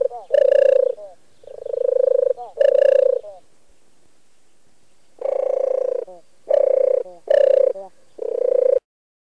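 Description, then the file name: European turtle dove giving soft, throaty purrs in two bursts, a trio of phrases, then a pause of about two seconds and four more rolling phrases. "TORTORA"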